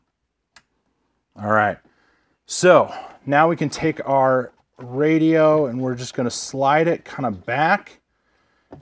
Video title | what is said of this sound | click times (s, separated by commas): INSTALL WIRELESS ANDROID AUTO / CARPLAY IN YOUR MINI COOPER WITH THE BIMMERTECH MMI PRO | and then over on the left we have our last two and those just pop into place and you'll hear them clip | 0.6 s